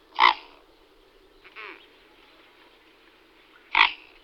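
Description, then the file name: Mute swan calls: two sharp harsh honks about three and a half seconds apart, with a faint softer note between them. "Labut velka Cygnus olor"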